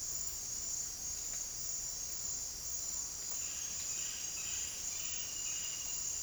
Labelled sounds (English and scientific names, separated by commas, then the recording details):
none
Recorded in dense forest near Puerto Asís, Putumayo, Colombia, on 13 March 2025 at 08:30
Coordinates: 0.481, -76.323
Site G088